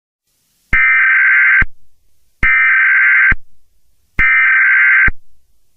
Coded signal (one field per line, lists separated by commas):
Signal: Emergency Alert System (SAME) tones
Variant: header bursts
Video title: EAS Scenario #5: The Night Of The Yanderes (7 Subscriber Special)